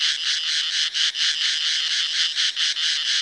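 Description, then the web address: Cicada song: a loud, harsh buzzing drone, steady throughout, broken by a few brief dips. "East West - Global Sounds 07-INSECTS CIGALE"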